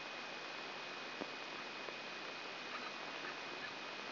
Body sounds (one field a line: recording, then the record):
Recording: brain microelectrode recording played as sound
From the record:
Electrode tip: inside the subthalamic nucleus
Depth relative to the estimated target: 1 mm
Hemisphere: right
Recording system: AlphaMap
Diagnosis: Parkinson's disease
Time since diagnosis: 9 years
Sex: male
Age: 68 years